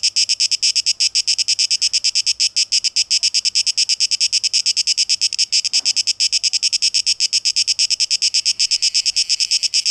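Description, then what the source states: Cicada song, strongly pulsed shrill buzzing with a short soft knock partway through. Tape echo mix; recorded 12 August 2023.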